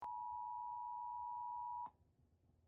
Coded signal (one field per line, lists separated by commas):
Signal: Emergency Alert System (SAME) tones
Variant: 853 and 960 Hz attention tone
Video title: EAS Mock: DO NOT GO THERE.